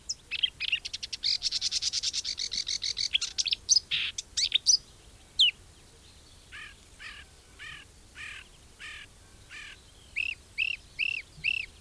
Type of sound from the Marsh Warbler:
song